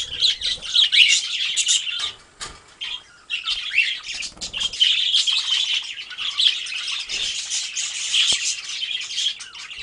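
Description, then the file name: Budgerigar flock chattering in bursts, dense high twittering that dips briefly around two and three seconds, then resumes, with occasional clicks. A flock of parakeets calling together. "suara parkit rombongan. omkicau"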